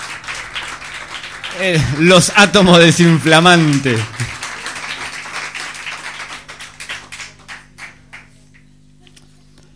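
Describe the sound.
Dense audience applause rattles through, with a man speaking over it briefly early on. The clapping continues alone afterward, thinning into scattered claps as it fades out.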